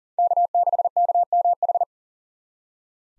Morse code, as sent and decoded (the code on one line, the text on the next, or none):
-.- -.... -.- -- ....
K6KMH